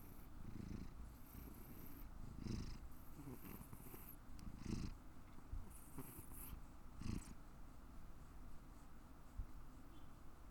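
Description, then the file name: Cat purr, a low continuous vibrating rumble with soft breathy surges every second or two. "purr 03"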